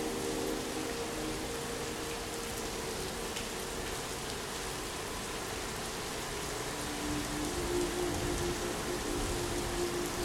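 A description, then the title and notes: Rain falls steadily in the woods, a dense even hiss with scattered drops, while a faint low tone hums underneath, shifting slightly after seven seconds. Rain in the Woods.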